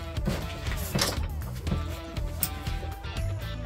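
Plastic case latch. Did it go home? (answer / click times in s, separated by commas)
no / none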